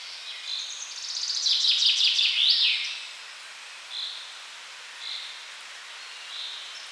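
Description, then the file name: Common chaffinch song, a fast rattling trill closing with a rising flourish, followed by three single short chirps about a second apart. "Fringilla coelebs"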